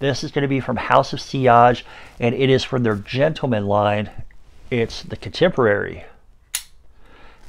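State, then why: Released. Someone talks, then a small push-button on the protective casing of a perfume bottle is pressed and clicks open at 6.6 s with a short, sharp, high-pitched snap. The casing releases to expose the atomizer.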